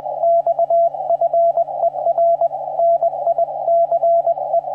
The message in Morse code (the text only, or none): XFER NICE